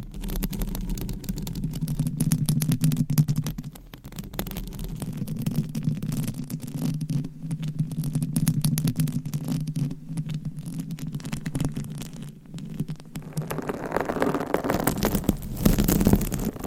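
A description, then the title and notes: Close, continuous scratching and rubbing right on a microphone, with a dense low rumble and rapid crackly strokes running throughout. Around the fourteenth second the scratching turns brighter and grittier, like claws or a harder tool, before easing slightly near the end. ASMR Mic Scratching - Brain Scratching with 20 DIFFERENT MICS & CLAWS! No Talking for Sleep.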